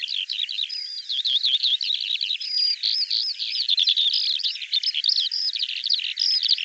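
Bird song, a dense, fast stream of varied warbled and whistled notes with sharp chirps and slurred phrases, continuing without pause.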